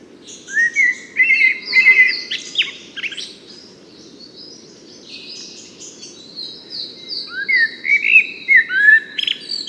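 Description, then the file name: Eurasian blackbird singing fluted warbling phrases that end in squeaky high twitters, two phrases heard, with thin high notes between them and a steady low hum. "Turdus merula"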